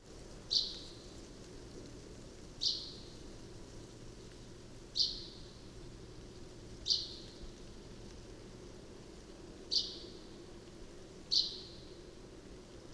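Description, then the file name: Common chaffinch repeating a brief, sharp metallic note several times at uneven gaps. "Fringilla coelebs"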